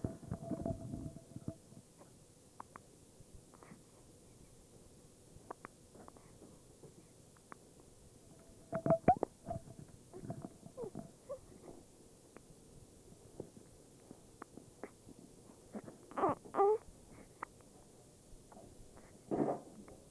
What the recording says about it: You can hear her breathing and slurping just a little bit a baby with a hiccup.